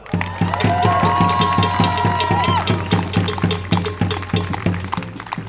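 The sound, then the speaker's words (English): A loud crowd at a demonstration for migration freedom and refugee rights claps and cheers for the organizers in a steady, quick rhythm, with a wavering whistle-like tone rising over the noise before the clapping thins out. “A big applause”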